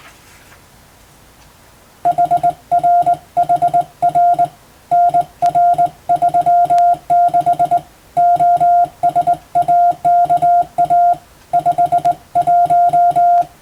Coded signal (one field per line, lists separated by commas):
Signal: Morse code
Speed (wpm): 20 wpm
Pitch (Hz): 700 Hz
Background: music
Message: HRHR NR36 OSAKA 51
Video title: 【Radio operator morse practice】This is a Morse code practice video. There is a morse exam in japan.